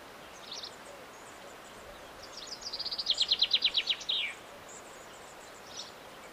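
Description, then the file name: Common chaffinch song: a quick run of high notes that gives way to slower, louder down-slurred notes and ends in a brief descending flourish. Faint high chirps come before and after. "Fringilla coelebs"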